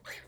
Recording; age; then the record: pig call; piglet (1 to 25 days)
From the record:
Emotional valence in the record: negative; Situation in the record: restrain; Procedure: back test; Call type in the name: high-frequency call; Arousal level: medium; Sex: male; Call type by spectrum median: low-frequency call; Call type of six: high-frequency stable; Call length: 0.28 s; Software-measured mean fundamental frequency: 292 Hz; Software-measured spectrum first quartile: 1537 Hz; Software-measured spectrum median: 2241 Hz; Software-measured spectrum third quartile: 4400 Hz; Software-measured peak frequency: 1680 Hz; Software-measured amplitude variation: 135 dB a second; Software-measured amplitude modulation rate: 14.2 a second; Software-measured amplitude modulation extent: 9.5 dB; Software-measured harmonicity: 2.3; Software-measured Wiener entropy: -1.66